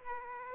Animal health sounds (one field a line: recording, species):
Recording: mosquito wingbeat signal from an infrared sensor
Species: Aedes aegypti